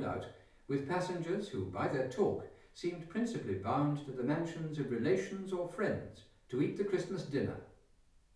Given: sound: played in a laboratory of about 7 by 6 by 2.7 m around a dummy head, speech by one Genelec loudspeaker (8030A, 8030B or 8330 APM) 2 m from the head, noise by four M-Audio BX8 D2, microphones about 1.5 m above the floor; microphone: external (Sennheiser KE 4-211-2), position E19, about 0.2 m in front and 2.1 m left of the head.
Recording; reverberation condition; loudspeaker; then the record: male speech in English; medium; 120 degrees to the right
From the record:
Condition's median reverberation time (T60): about 510 ms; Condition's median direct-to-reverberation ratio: about -0.5 dB